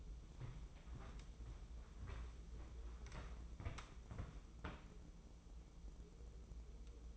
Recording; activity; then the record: daily activity, microphone in the room; walk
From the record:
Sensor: 1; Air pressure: 995.9 hPa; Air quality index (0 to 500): 241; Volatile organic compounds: 1000 ppm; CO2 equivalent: 7050 ppm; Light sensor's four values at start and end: 39/97/41/50 and 39/97/41/50